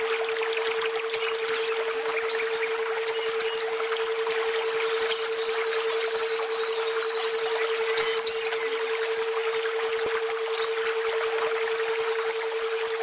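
A female bird gives short paired high chirps about every two seconds over a dense natural chorus and a steady low tone.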